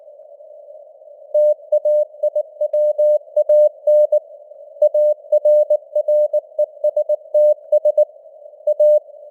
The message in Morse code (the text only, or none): TAIWAN ARRESTS A